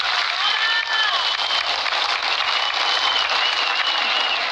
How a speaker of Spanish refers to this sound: El compañero viene de Colombia. Recibámosle con un fuerte aplauso.